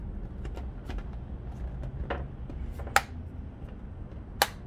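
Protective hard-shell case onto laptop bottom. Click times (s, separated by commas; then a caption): 3.0 s, 4.4 s. With the laptop's edge tucked under the case's notch, the bottom shell of a rigid Urban Armor Gear (UAG) protective hard-shell case for a 2018-2020 MacBook Air M1 is pressed onto the laptop base. After some faint handling ticks, two sharp snaps ring out at 3.0 s and 4.4 s as the case seats into place.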